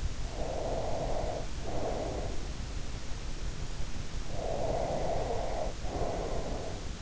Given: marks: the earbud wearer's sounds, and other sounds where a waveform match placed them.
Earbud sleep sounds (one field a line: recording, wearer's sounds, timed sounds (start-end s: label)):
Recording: sounds in sleep by an in-ear microphone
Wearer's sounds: breath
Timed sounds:
0.00-2.64 s: breath
4.32-6.82 s: breath